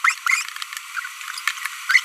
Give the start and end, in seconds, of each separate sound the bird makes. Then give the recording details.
0.04-0.14, 1.89-2.00. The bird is a female. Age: 23 days. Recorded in a nest box in Venezuela. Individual 17B42B2